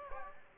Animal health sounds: mosquito wingbeat signal from an infrared sensor; Aedes aegypti

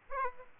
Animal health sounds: mosquito wingbeat signal from an infrared sensor; Aedes aegypti

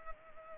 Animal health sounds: mosquito wingbeat signal from an infrared sensor; Culex pipiens

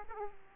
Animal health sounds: mosquito wingbeat signal from an infrared sensor; Aedes aegypti

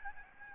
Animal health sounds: mosquito wingbeat signal from an infrared sensor; Aedes albopictus

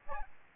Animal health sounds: mosquito wingbeat signal from an infrared sensor; Aedes albopictus

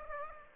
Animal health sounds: mosquito wingbeat signal from an infrared sensor; Aedes aegypti

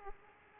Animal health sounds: mosquito wingbeat signal from an infrared sensor; Aedes aegypti

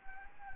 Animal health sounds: mosquito wingbeat signal from an infrared sensor; Anopheles gambiae

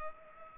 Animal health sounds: mosquito wingbeat signal from an infrared sensor; Culex pipiens

